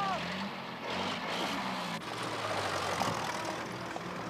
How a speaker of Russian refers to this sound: Грузовик проезжает по дороге перед аркой входа в парк.